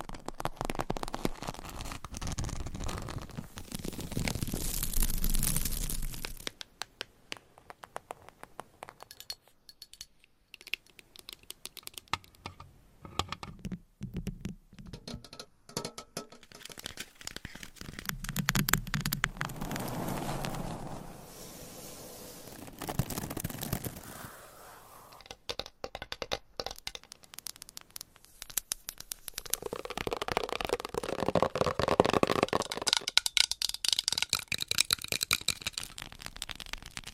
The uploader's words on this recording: ASMR Tapping and Scratching with 50 Different Mics , Items & Nails (No Talking).